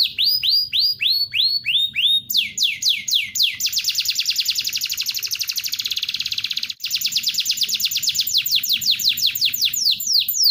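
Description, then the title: Canary song opening with repeated downward-swept whistles, breaking into a fast buzzy trill held for several seconds, then back to quick sweeping notes. National contest champion; used as a master song for training other birds. "Masteran Kenari Lomba Juara Nasional"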